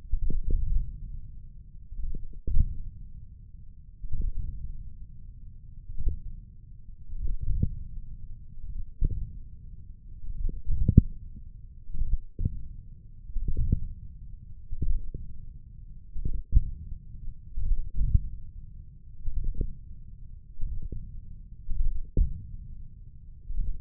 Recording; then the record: forearm muscle sounds (acoustic myography)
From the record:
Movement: wrist extension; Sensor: system 1, eight BSWA MPA416 microphones around the upper forearm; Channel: 1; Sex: male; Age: 28 years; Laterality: right